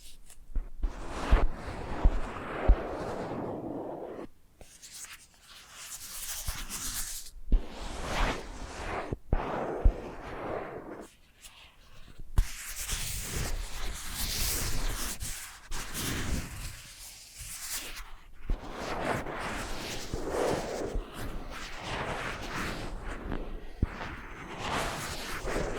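Soft brushing and scratching sounds, like bristles swept across a microphone or face, come in repeated strokes of a few seconds each. Some passes are dull and muffled, others crisp and hissing, separated by brief near-silent gaps. Occasional small taps and clicks punctuate the strokes.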